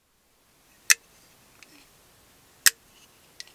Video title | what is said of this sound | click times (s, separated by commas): TITANIUM , ELMAX & MULTIPLE DEPLOYMENTS !! | solid lock up | 0.9 s